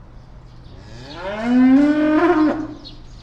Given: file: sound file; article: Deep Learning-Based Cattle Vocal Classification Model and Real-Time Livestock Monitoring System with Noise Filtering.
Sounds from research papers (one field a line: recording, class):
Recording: cattle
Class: estrus call